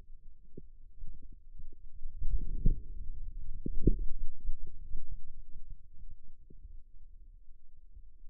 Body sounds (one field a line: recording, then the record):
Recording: forearm muscle sounds (acoustic myography)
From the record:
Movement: outward rotation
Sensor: system 2, bracelet of six BSWA MPA416 microphones around the upper forearm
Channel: 1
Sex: male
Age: 22 years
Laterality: right